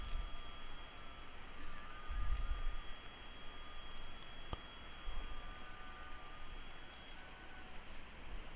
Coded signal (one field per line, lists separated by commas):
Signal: FT8